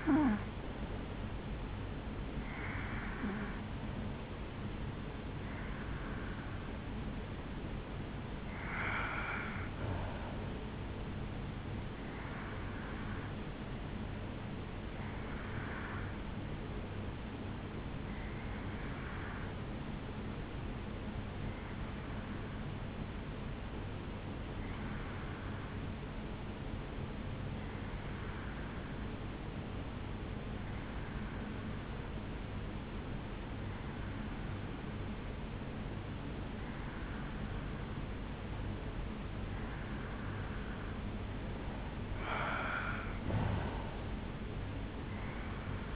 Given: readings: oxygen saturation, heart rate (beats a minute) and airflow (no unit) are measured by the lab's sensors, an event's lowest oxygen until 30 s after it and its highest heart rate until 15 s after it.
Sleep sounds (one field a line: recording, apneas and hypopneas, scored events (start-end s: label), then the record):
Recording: breathing in sleep by a voice recorder at the bedside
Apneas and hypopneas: 1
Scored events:
15.00-41.60 s: hypopnea (REM, oxygen 93% highest, then 87% lowest, heart rate 68 at the start, 76 highest)
From the record:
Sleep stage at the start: REM sleep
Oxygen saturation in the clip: 85 to 93%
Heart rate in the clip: 65 to 75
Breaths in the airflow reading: 14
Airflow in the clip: -8.2 to 4.8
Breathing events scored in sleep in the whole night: 449 in 7.0 hours asleep